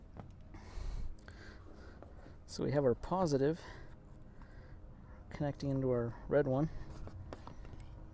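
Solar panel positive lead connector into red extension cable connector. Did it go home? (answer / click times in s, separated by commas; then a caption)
yes / 7.5 s. The positive lead from a solar panel is pushed into the red extension-cable lead, and the plastic waterproof connector halves snap together with a sharp click at 7.5 s as they seat. Someone talks earlier, with a few small handling ticks scattered through the quiet stretches.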